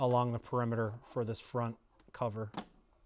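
The front cover of a Eufy Make E1 UV printer is being fitted onto the printer body, with pins that lock its lower corners and magnets along its perimeter. Someone talks throughout while handling the cover, and nothing has seated or clicked yet.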